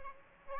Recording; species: mosquito wingbeat signal from an infrared sensor; Aedes aegypti